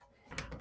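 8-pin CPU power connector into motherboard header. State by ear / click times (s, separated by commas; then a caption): seated / 0.3 s, 0.4 s. An 8-pin CPU power cable from the power supply is pushed into its motherboard socket. After a near-silent start, a rising scrape of contact leads into two short clicks at 0.3 s and 0.4 s, the second one sharper and louder. The connector is seated and the CPU power is now hooked up.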